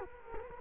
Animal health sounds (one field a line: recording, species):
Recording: mosquito wingbeat signal from an infrared sensor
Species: Culex quinquefasciatus